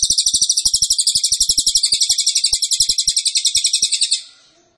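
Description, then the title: Cililin song as one sustained, very fast, shrill trill of repeated notes running about four seconds before stopping, with faint clicks in the background. Song used as a training recording for tutoring captive songbirds. "Cililin AMPUH"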